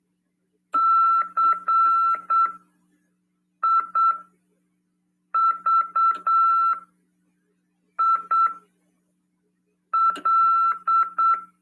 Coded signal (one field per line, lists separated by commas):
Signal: Morse code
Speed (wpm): 8 wpm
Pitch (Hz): 1340 Hz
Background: none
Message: CIVIL